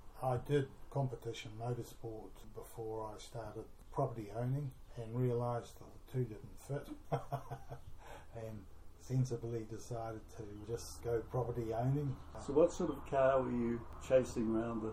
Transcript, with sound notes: I did competition motorsport before I started property owning and realised that the two didn’t fit, [chuckle] and sensibly decided to just go property owning. So what sort of a car were you chasing round the..?